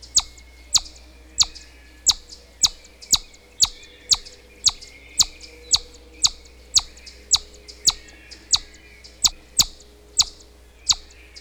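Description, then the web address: Chipmunk chip calls: sharp, high chips repeated steadily about every 0.7 seconds throughout, over a faint low hum. "chipmunk calling"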